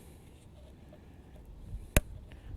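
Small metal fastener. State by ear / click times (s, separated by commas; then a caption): seated / 2.0 s. The female half of a two-part screw post is pushed through lined-up holes in a nylon pouch and a leather or plastic sheath until it seats. After quiet low rumble, a single sharp click at 2.0 s marks the post seating, followed by a much fainter tick at 2.3 s.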